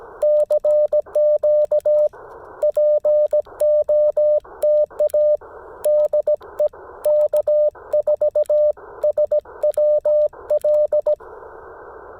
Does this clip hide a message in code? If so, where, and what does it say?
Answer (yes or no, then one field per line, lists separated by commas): yes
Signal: Morse code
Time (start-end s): 0.2-11.1 s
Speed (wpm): 17 wpm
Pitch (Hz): 600 Hz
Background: radio noise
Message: CQ POTA DE K4SWL